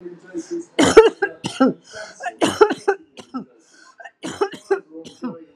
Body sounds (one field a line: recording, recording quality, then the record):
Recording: heavy voluntary cough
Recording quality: excellent, no background noise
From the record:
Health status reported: healthy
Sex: female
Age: 54 years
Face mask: worn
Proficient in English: yes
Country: India